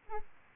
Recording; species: mosquito wingbeat signal from an infrared sensor; Aedes albopictus